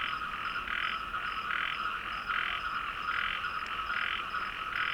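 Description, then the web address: Frog calling in a steady pulsed series, bursts repeating a little under a second apart with a bright mid-pitched tone, over constant background hiss. Recorded 26 February 2022. "frog 20220226"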